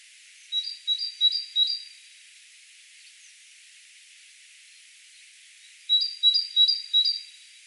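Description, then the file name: Great tit giving two bursts of four bright, high two-note units, the bursts about five seconds apart with soft hiss between. "Parus major"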